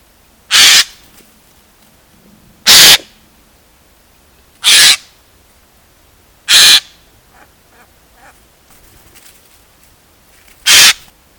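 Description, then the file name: Eurasian jay giving harsh, rasping screeches, five separate bursts spaced about two seconds apart with a longer pause before the last, over a quiet background. "Garrulus glandarius"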